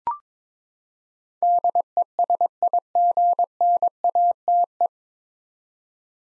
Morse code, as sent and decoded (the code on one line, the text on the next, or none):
-.. . ... .. --. -. .- - .
DESIGNATE